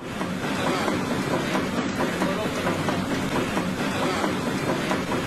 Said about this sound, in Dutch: Het geluid van die startende motoren en zo, die, ja, dat klinkt als muziek in de oren.